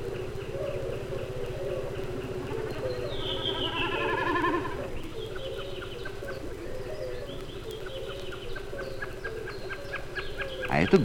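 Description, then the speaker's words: Common snipe calling: a wavering falling note, then short sharp ticking notes repeated steadily for several seconds, over a constant low engine-like drone. "это голос бекаса."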